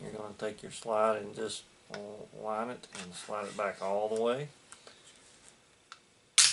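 During reassembly of a Walther PPS pistol, the slide is lined up on the frame rails and slid back while someone talks. A few faint handling ticks follow the talking, and a short burst of noise is heard at the very end. Nothing has seated or clicked into place yet.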